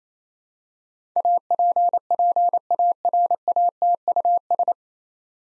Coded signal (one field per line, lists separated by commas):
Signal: Morse code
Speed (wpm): 28 wpm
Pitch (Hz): 700 Hz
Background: none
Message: APPARATUS